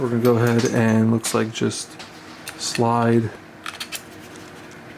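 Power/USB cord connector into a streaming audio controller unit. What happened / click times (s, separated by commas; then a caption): A cord connector is being handled but has not yet seated / none. A power/USB cord connector is being slid toward an AverMedia Nexus AX310 streaming audio controller unit while someone talks. A few light handling ticks follow near 3.7 and 3.8 seconds, but the connector has not snapped into place yet.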